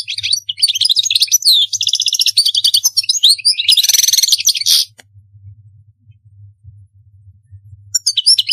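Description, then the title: European goldfinch singing a fast, liquid twittering phrase with a harsh buzzy burst near the end, a pause with low hum, then the twitter resumes. "Chant Chardonneret"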